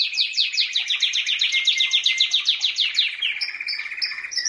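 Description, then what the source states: Canary song: a rapid series of downward-sweeping notes, shifting into different high notes near the end. Champion singing canary.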